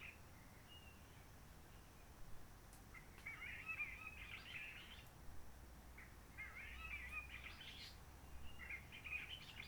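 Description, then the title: Réunion bulbul song: three short warbled, whistled phrases in the mid-high range, spaced a few seconds apart, over a low steady background hum. Roche Merveilleuse forest, Réunion; quiet since the 19 March 2020 lockdown, no hikers, microlights or helicopters; sunny blue-sky weather; birds not very active; song simpler, short phrases, adapted to past noise pollution. "Roche Merveilleuse, Réunion - Merle de lîle de la Réunion."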